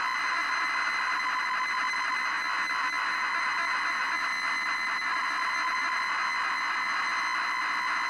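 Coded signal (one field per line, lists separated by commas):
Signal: ZX Spectrum tape loading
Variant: 48k ZX Spectrum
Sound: continuous harsh buzzing screech of data tones, steady loudness throughout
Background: tape hiss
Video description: Featuring real time loading from cassette tape on a 48k ZX Spectrum. Previously untested 24 year old tape.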